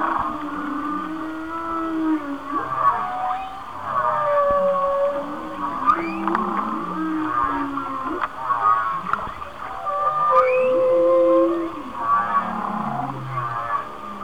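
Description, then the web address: Whale song of low arched moans alternating with higher sliding tones and brief upsweeps, phrases overlapping and rising in intensity at intervals. "Whale Songs Whale Songs- Mike Mc Donald"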